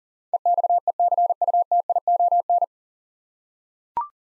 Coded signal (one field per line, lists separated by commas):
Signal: Morse code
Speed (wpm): 40 wpm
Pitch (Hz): 700 Hz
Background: none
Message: EXECUTION